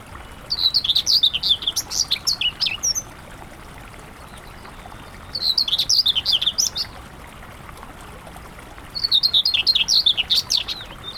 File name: whitethroat-common -Sylvia-communis